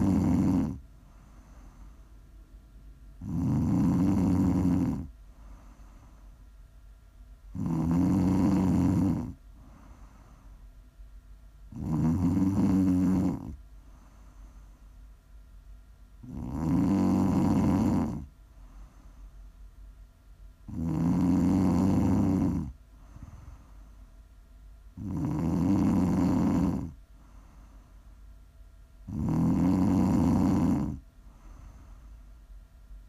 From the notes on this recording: prime ASMR snoring